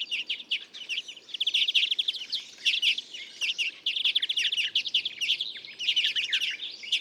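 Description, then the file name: European greenfinch calls: dense, rapid twittering chatter with buzzy trilled notes, nearly continuous and coming in bursts throughout, with a few brief clicks. "Chloris chloris"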